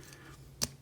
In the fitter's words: pull them around the blue one black hinges meet back up until they snap into place